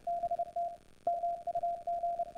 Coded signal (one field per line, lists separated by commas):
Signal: Morse code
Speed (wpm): 30 wpm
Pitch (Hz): 690 Hz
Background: none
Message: BT MUG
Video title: Morserino32 iCW